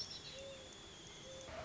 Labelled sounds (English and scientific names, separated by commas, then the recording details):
Mourning Dove (Zenaida macroura)
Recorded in Sonoma County, California